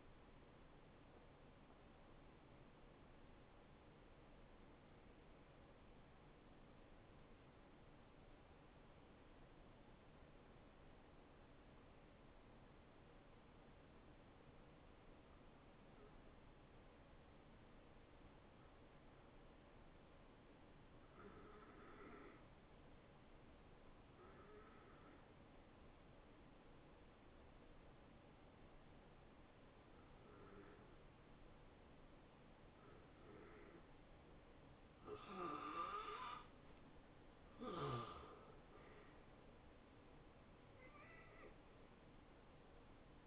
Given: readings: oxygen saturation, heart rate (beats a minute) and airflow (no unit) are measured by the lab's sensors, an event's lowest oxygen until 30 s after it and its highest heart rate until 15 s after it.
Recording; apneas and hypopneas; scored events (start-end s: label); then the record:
breathing in sleep by a voice recorder at the bedside; 1
5.00-35.10 s: hypopnea (N2, oxygen 96% highest, then 83% lowest, heart rate 78 at the start, 78 highest)
25.00-43.27 s: new sleep stage, N1 (lightest sleep)
From the record:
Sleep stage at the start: N2 (light sleep); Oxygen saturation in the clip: 79 to 96%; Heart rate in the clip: 69 to 80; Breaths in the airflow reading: 12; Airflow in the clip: -17.7 to 6.1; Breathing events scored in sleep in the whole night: 263 in 5.5 hours asleep